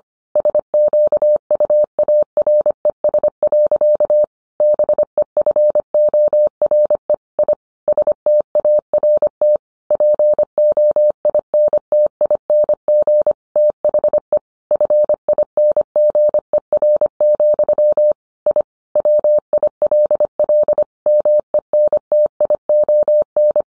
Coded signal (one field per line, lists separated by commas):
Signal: Morse code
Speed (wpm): 25 wpm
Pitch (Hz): 600 Hz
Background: none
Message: SQUARES. BEFORE I START POINTING THE FINGER, I WILL MENTION